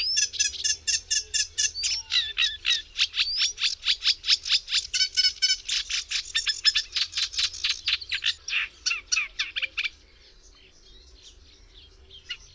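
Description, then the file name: Eurasian reed warbler singing a long, rhythmic churring chatter of scratchy notes with brief upslurred whistles, stopping abruptly before the end. "Trzcinniczek"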